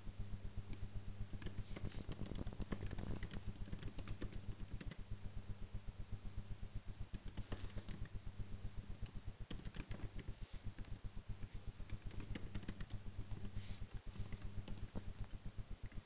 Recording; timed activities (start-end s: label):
household activities, microphone on the right wrist
0.00-16.06 s: working on the computer